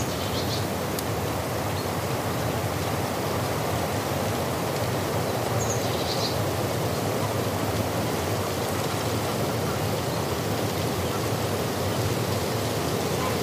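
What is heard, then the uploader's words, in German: Wind on the Hochgern blows as a steady, dense rush with a full low roar and a hissing upper layer, its level barely changing across the whole stretch. A few faint, brief high chirps surface near the start and again around five to six seconds. Natur - Wind am Hochgern.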